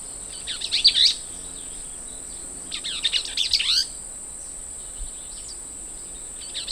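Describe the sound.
Bell's vireo song: two fast, scratchy, jumbled warbling phrases about two seconds apart, over a steady high-pitched insect-like hiss that runs throughout.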